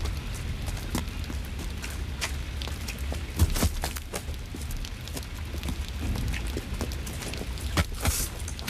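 Rain pattering and splashing down onto hard, impermeable ground in a city, with scattered sharp drip ticks over a steady low rumble, moderately loud and continuous without speech.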